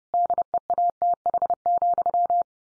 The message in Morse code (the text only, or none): DEATH,